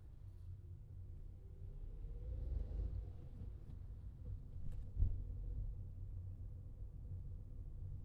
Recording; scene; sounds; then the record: everyday scene through a hearing-aid microphone; in a vehicle; engine, traffic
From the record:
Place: Skoda Fabia, gasoline engine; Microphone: in the ear canal, left